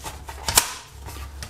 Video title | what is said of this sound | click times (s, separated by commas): AR Maglock Review & Install - California Legal Magazine Release | locks into place | 0.6 s